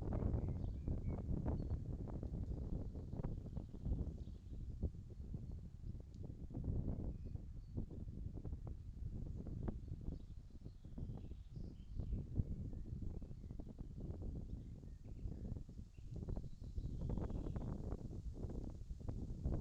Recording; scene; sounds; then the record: everyday scene through a hearing-aid microphone; wind on the microphone; wind, birds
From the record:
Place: in front of a rural house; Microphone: in the ear canal, left